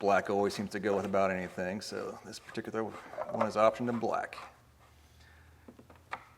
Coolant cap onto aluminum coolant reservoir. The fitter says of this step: You'll hear a little click at the end. That means it's all the way tight.